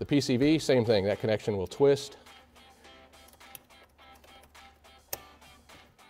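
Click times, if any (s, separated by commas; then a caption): 5.1 s. Someone talks while the PCV hose quick-connect fitting is pushed down onto the port of a J&L oil separator (oil catch can) on a 2024 Mustang GT, followed by quiet handling noises. A sharp snap at 5.1 s marks the fitting seating into place.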